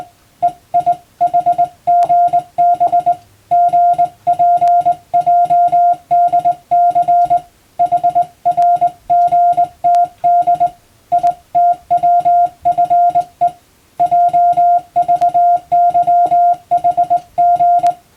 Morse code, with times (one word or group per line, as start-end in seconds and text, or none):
0.4-3.1 EIHGB
3.5-7.4 GPJDC
7.8-10.7 HRGTD
11.1-13.5 ITWFE
14.0-17.9 JVYHG